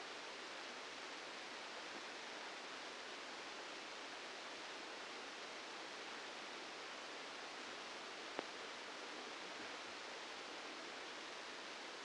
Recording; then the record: brain microelectrode recording played as sound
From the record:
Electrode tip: outside the subthalamic nucleus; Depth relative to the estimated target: -2 mm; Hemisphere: left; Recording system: NeuroSet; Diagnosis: Parkinson's disease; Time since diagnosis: 8 years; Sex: male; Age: 65 years